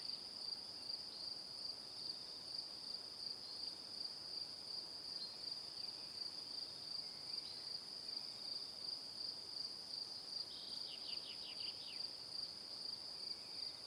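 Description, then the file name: Crickets chirping in a dense, regular high-pitched pulse, steady for most, then a brief cluster of quick descending chirps toward the end. Crickets in the evening. "Calm - Evening Crickets"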